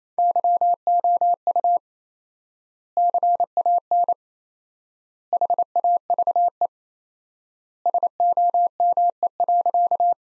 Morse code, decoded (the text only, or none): YOU CAN HAVE SOME.